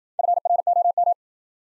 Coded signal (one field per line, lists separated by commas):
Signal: Morse code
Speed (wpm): 53 wpm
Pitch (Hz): 700 Hz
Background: none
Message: FROM